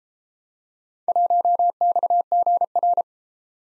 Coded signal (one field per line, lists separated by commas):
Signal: Morse code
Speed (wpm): 32 wpm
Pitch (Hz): 700 Hz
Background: none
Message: 1XGR